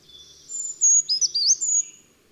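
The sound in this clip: Bird song: a quiet high trill, then loud high whistles that sweep up and down, with quick twittering notes in between and a brief phrase at the end.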